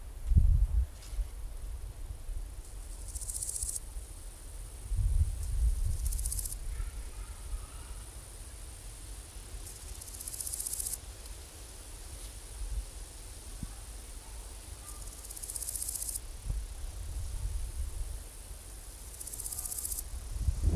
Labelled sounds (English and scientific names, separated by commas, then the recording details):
Large Gold Grasshopper (Chrysochraon dispar) stridulation
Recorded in the wild
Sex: male
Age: imago
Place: Strausberg, Barnim, Brandenburg, DE
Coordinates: 52.5533, 13.8819
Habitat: meadow
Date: 1989-08-12 16:18
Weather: sonnig, 28,5°C
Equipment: Riporter 6 RG-K, Halbspur, Sennheiser MKH 416 T
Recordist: Frommolt, Karl-Heinz